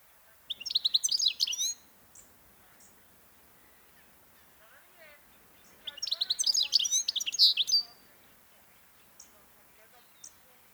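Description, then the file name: European goldfinch giving two bursts of bright, tinkling twittering notes, each lasting over a second, separated by a few seconds of near silence with faint chips. "Carduelis carduelis"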